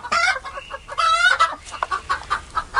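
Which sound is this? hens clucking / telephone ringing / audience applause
hens clucking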